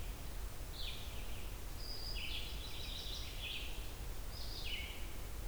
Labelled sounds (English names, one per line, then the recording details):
Red-eyed Vireo song
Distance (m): 65 m
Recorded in boreal forest in Alberta, Canada, on 28 June 2016 at 07:40
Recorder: SongMeter 3, array SBT-6-79
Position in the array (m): 105 m, 212 m